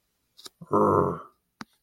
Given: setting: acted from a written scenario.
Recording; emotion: vocal sound without words; anger